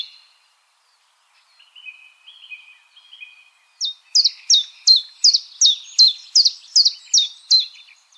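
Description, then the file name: Common chiffchaff singing a steady series of bright, falling chip notes, about three each second, after a few quiet lower warbled phrases at the start. "Golosa ptic - Penochka-tenkovka Phylloscopus collybita"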